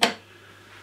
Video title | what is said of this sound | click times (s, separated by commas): Quick Tutorial: QR4rigs Honeycomb Bravo Flap Detent System | you can hear a little click when you get in the middle The Click is from magnets | 0.0 s